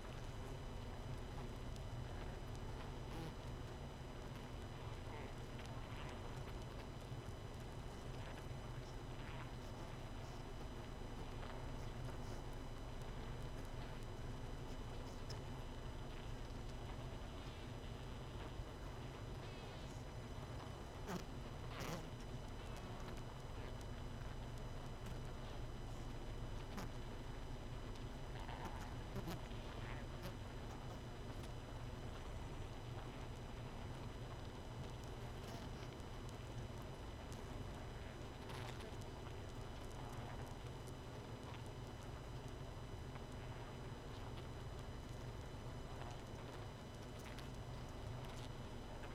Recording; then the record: honeybee colony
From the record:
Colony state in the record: missing queen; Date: 31 May 2018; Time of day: 21:51